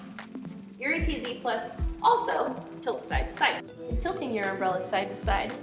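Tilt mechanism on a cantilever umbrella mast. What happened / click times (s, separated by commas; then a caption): The tilt mechanism clicked into its zero stop / 0.2 s. A lever on the metal tilt mechanism of an AKZ Plus cantilever umbrella mast is pulled and the canopy is pushed all the way up to 0 degrees, stopping with a short click at 0.2 s. The tilt returns to zero and locks while music plays and someone talks.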